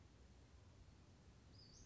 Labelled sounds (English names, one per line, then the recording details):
Western Flycatcher
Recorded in Sonoma County, California